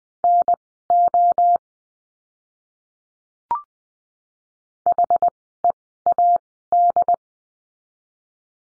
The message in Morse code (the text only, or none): NO HEAD